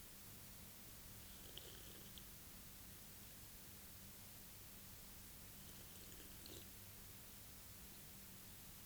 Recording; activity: daily activity, guitar pickup as the sensor; drink water